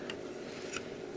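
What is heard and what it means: A small latch on the door panel of a GE Potscrubber 970 dishwasher is opened by hand, giving two short, sharp ticks at 0.1 s and 0.8 s over a low steady hum. The latch clicks open and the panel is released.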